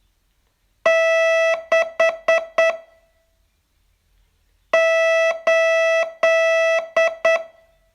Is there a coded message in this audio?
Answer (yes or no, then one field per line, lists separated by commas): yes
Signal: Morse code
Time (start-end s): 0.9-7.4 s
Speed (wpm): 8 wpm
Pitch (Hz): 660 Hz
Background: none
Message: 6 8